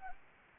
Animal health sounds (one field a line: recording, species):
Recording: mosquito wingbeat signal from an infrared sensor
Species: Anopheles gambiae